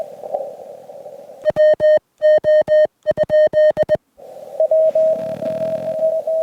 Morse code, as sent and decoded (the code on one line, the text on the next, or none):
.-- --- ..--..
WO?